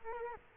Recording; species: mosquito wingbeat signal from an infrared sensor; Culex quinquefasciatus